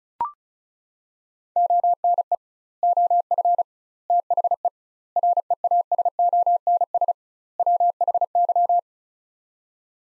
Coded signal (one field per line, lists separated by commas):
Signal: Morse code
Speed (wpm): 36 wpm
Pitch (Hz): 700 Hz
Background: none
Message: ONE OF THE REASONS WHY